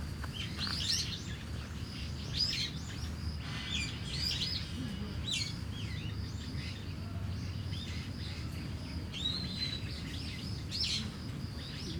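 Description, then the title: Starling song: repeated clusters of squeaky, twittering notes and a drawn whistle, over a continuous insect hum and low city noise. Singing in a tree in Kiyosumi garden, Tokyo, Japan, with crickets and cars; recorded binaurally with DPA 4060 microphones on a Deity PR-2. "Kiyosumi garden, Tokyo, Japon - Starling in a tree"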